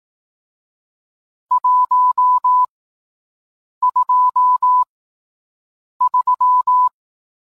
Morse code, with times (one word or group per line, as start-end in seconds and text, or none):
1.5-2.6 1
3.8-4.8 2
6.0-6.9 3